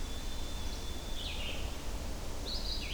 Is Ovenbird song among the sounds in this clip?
no